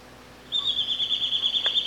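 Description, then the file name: Rufous gnateater song, a fast, even trill of high, thin notes on a steady pitch, running on to the end. "canto do chupa dente"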